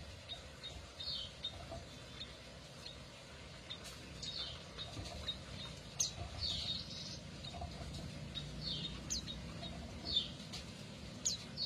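A canary gives only short, halting bursts of bright chirps instead of a continuous song, with brief calls near 1, 4, 6, 9 and 11 seconds. A steady low rumble, like traffic or a running motor, fills the background throughout.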